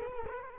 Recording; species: mosquito wingbeat signal from an infrared sensor; Culex quinquefasciatus